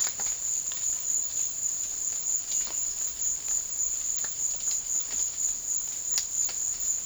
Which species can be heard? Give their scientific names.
none